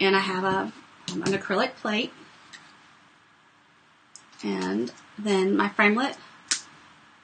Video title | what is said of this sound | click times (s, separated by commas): Buffalo Check Christmas Ornaments or Tags | you hear it click to the to the magnet so that's gonna hold it in place to my shape and | 6.5 s